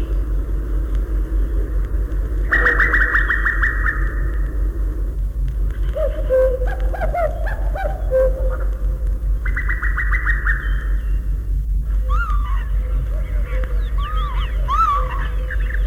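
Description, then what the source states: Common Cuckoo female giving rapid bubbling trills, two bursts of about a second and a half each, over a steady low rumble, with other birds chirping. Female's answering trill to the cuckooing males.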